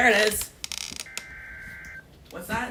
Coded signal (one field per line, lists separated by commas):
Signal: Emergency Alert System (SAME) tones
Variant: header bursts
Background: speech